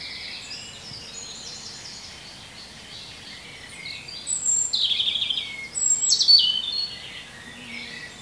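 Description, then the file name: European robin song: faint high twittering at first, then two brighter phrases of thin whistles and quick trills near the end. "Erithacus rubecula"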